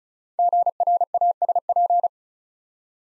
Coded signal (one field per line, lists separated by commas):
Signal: Morse code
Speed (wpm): 36 wpm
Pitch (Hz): 700 Hz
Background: none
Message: GRASP